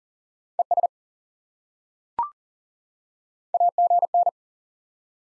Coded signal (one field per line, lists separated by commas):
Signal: Morse code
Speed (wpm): 40 wpm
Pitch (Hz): 700 Hz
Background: none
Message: ES AGN